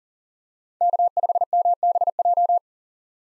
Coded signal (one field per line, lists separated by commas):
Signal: Morse code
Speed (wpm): 40 wpm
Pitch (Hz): 700 Hz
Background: none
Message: K5MBJ